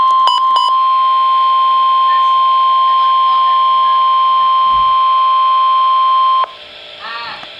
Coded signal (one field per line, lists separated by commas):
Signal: Emergency Alert System (SAME) tones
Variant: 1050 Hz attention tone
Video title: Flood Warning (EAS #862)